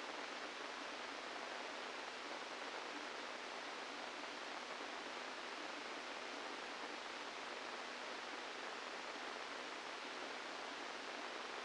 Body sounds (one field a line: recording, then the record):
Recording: brain microelectrode recording played as sound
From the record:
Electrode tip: inside the subthalamic nucleus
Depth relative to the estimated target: -1 mm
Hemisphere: left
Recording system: NeuroSet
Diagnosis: Parkinson's disease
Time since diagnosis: 17 years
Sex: male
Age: 64 years